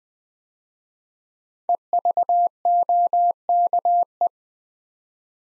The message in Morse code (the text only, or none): EVOKE